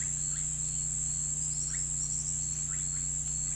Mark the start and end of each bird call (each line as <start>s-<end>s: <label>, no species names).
0.00s-0.55s: bird call
1.40s-2.37s: bird call
2.65s-3.09s: bird call